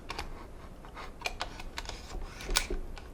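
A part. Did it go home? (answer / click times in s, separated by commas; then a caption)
yes / 2.6 s. A camera's quick-release plate is slid into a gimbal's mounting slot, producing a series of light taps and scrapes with sharp ticks at 1.3 s and 1.4 s. A louder, brighter click at 2.6 s marks the plate locking into the mount, which shows it is attached and seated.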